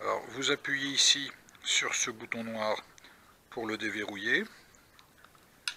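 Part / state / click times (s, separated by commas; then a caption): folding arm latch of a toy quadcopter drone / seated / 5.7 s. Someone talks while pressing the black release button on a small plastic JJRC H43WH Crab toy quadcopter drone from Goolsky and spreading its folding arms open. A sharp click sounds at 5.7 s as the arm latches lock on each side, seating the arms in the flight position.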